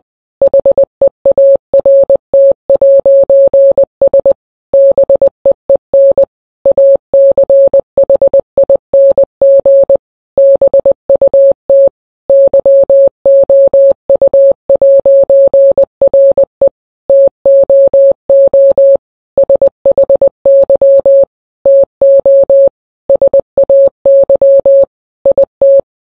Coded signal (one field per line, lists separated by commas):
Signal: Morse code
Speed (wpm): 20 wpm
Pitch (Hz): 550 Hz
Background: none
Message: HEART'S BEEN ACHING BUT YOU'RE TOO SHY TO SAY IT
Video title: never going to give you up in Morse code ( the real one is 15 min long I made it shorter )